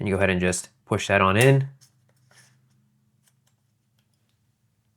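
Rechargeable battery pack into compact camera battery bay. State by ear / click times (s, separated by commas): not seated / none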